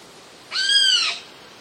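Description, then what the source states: Eurasian jay uttering one drawn-out nasal call with clear arching harmonics, rising slightly then falling over roughly three-quarters of a second, in otherwise quiet surroundings. Alarm cries recorded on 21 August 2011.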